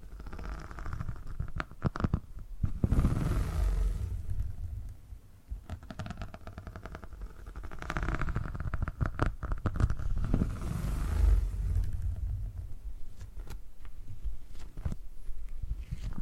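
Low, rumbling purring rolls on throughout, swelling around three, eight and eleven seconds, with quick crackly taps and scratches scattered over it.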